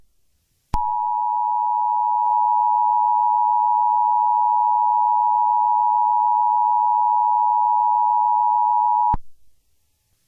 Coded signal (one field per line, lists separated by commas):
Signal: Emergency Alert System (SAME) tones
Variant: 853 and 960 Hz attention tone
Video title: SCP-173 incident-5-eas-tape